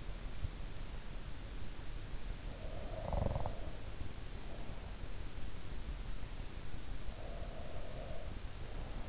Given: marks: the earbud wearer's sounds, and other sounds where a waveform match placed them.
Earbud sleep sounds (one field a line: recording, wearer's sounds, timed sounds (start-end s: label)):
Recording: sounds in sleep by an in-ear microphone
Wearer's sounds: snoring breath, breath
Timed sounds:
2.58-5.15 s: snoring breath
7.04-9.09 s: breath